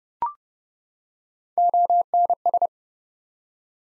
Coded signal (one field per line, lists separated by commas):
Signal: Morse code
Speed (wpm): 28 wpm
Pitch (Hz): 700 Hz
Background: none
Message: ONS